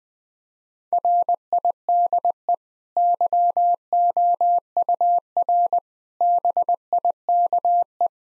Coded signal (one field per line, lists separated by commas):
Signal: Morse code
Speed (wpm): 21 wpm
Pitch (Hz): 700 Hz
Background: none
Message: RIDE YOUR BIKE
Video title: Easy Sentences with Hints - 20wpm